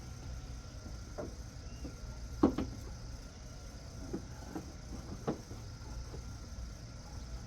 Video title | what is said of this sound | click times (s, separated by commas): 2006 Pontiac Grand Prix headlight and airborne removal the hard way | Well, that just snaps right in, easy peasy. | 2.4 s